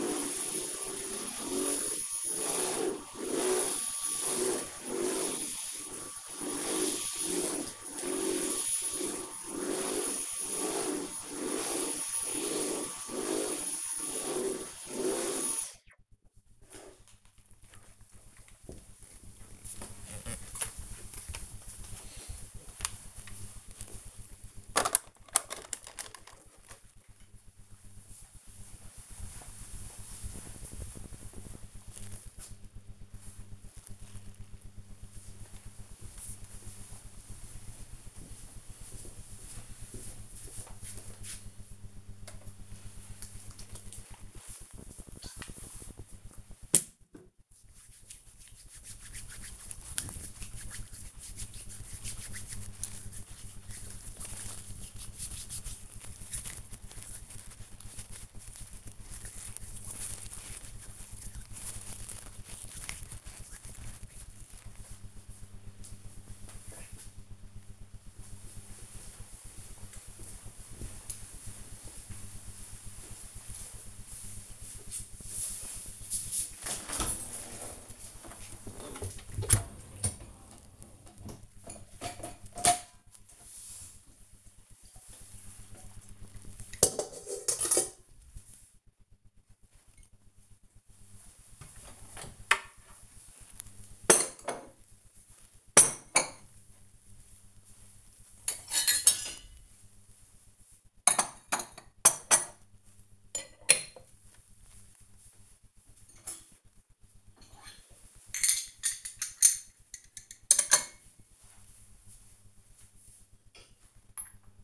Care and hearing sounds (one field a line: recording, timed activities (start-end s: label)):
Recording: household activities, microphone on the right wrist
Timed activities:
0.00-16.14 s: vacuum cleaning
42.26-64.33 s: disinfecting hands
75.36-114.64 s: cleaning out the dishwasher